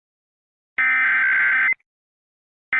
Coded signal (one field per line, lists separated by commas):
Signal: Emergency Alert System (SAME) tones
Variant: header bursts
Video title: Teaser 2 for a EAS Scenario